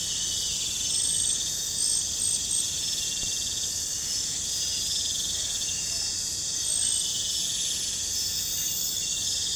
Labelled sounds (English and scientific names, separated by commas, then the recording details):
none
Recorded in pastures near Puerto Asís, Putumayo, Colombia, on 20 December 2024 at 23:30
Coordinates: 0.466, -76.322
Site G040